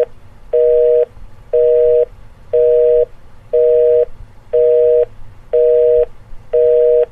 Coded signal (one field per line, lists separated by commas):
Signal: telephone call progress tone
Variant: North America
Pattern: busy tone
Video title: Busy Signal